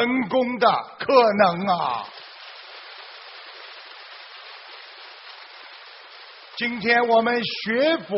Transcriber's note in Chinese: 掌声